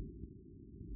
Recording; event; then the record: neck accelerometer signal played as sound; no cough (speech, laughter, throat clearing or background)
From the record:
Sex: female